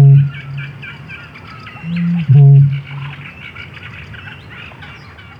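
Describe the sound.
Bittern with a deep low boom at the start and another after a short intake about two seconds later; small birds twitter faintly throughout.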